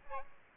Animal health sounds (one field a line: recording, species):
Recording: mosquito wingbeat signal from an infrared sensor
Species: Aedes aegypti